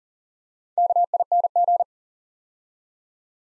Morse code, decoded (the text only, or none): KING